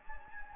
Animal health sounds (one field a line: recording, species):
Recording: mosquito wingbeat signal from an infrared sensor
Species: Anopheles gambiae